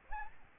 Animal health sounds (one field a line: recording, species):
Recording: mosquito wingbeat signal from an infrared sensor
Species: Aedes aegypti